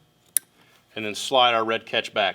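An airbag wiring connector on a 2015–2017 Ford XLT seat is pushed straight into its mating seat harness plug and seats with one sharp, bright click at 0.4 s. Someone then talks.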